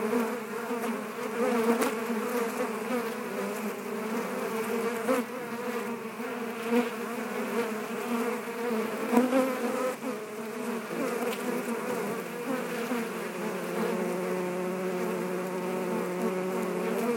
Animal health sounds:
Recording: honeybee colony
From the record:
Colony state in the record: active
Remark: normal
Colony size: 10,000 bees

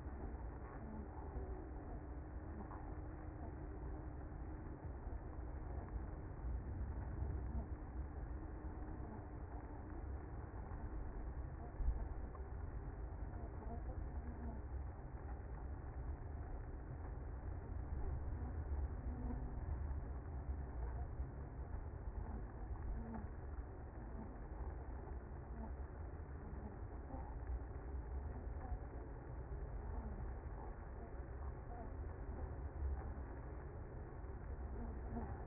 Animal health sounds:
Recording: honeybee colony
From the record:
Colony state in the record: active

